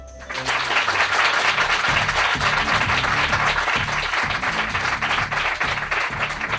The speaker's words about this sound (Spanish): Los saludamos entre todos con un aplauso, que os escuchen bien.